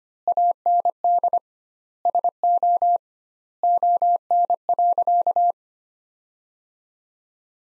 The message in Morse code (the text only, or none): AND SO ON.